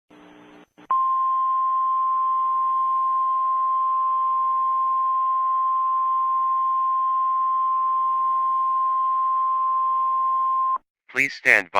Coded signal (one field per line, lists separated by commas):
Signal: Emergency Alert System (SAME) tones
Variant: 1050 Hz attention tone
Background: speech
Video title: EAS Scenario - CaseOh's Rampage (Part 5) (Season 2 Episode 2